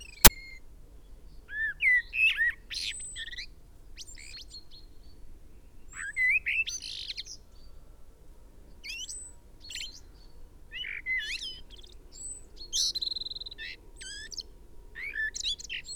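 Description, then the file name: Common blackbird singing repeated phrases of warbled whistles and high scratchy twitters across sixteen seconds, opening with a sharp click. "Turdus merula"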